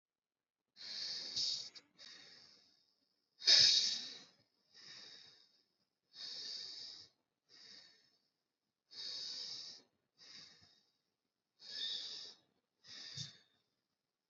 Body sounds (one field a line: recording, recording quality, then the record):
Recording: deep breathing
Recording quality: excellent, no background noise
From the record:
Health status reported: healthy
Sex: male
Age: 26 years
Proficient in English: yes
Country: India